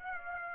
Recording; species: mosquito wingbeat signal from an infrared sensor; Aedes aegypti